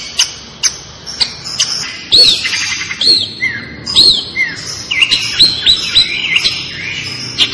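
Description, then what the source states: Long-tailed shrike singing a lively, varied string of sharp chirps and slurred whistles, some arching up then down, delivered in irregular rapid phrases. Indonesian local name cendet; described as gacor, singing vigorously and continuously.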